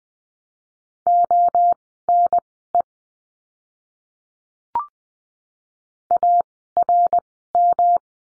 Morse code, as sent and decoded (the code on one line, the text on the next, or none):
--- -. . / .- .-. --
ONE ARM